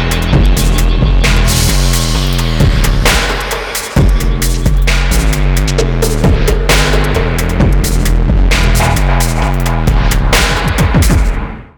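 A loud hip-hop track plays with a heavy, pulsing bass line and sharp, regular drum hits over dense layered instrumentation, briefly dropping out around four seconds before cutting off at the end.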